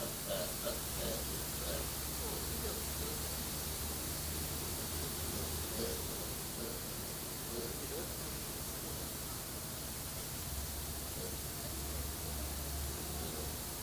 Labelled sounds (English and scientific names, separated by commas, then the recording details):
Hamadryas Baboon (Papio hamadryas)
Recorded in captivity
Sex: group
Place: Zoo Berlin, Berlin, DE
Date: 2003-09-15 18:08
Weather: heiter, 21°C
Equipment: Fair Mate ST-1328 (Asahi Electronics, Japan), Sennheiser ME 80, Kopie Uher 4000 Report Monitor
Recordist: Tembrock, Günter
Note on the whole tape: Gruppe (zuerst: drei Weibchen und ein Männchen; dann ein Paar): diverse Laute. Starkes Grundrauschen